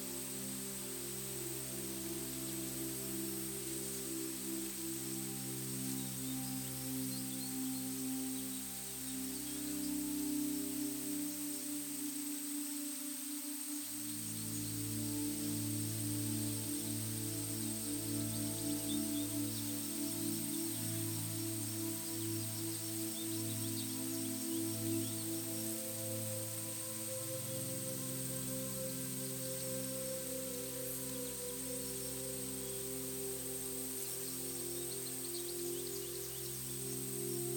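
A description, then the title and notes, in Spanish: Calm music of long, sustained low tones shifts chords around 14 and 28 seconds over a soft forest backdrop. A steady hiss like rustling leaves fills the top, with faint bird calls flickering through. The level stays even throughout. Sonido del BOSQUE aliado a una MÚSICA Calma. El suave murmullo de las hojas, el canto de los pájaros y el temblor de los árboles crean una sinfonía relajante. Este viaje sonoro se ve realzado por melodías suaves y relajantes.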